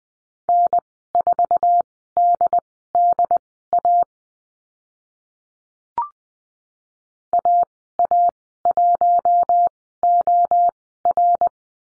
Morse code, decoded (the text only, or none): N4DDA AA1OR